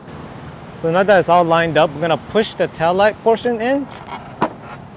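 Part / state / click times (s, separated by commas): rear bumper cover edge into bracket beside the tail light / seated / 4.4 s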